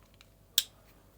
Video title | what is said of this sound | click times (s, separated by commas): Victorinox Spirit MX Clip, unboxing, review and modification! | So locks in place, tab down, and | 0.6 s